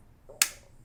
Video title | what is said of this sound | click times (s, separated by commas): Spyderco PITS - So much more than a great slipjoint | and then snaps into place. | 0.4 s